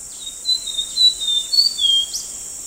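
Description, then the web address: Brown fulvetta calling, a quick series of thin, high whistled notes, some level and some slurred, over a steady insect drone. Recorded at Danum on 9 August 2009. "DANUM 20090809. brown fulvetta"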